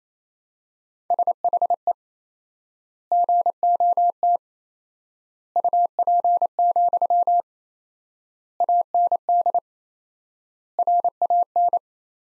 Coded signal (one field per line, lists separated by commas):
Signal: Morse code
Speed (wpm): 28 wpm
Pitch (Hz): 700 Hz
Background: none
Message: SHE GOT UP, AND RAN